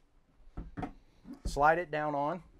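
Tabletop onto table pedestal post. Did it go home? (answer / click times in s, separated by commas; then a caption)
no / none. A tabletop is being handled and slid down onto a table pedestal leg post, where it locks against coming off. Someone talks throughout, with a soft bump at about 0.6 s. Nothing has seated or clicked yet.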